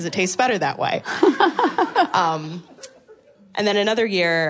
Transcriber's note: laughter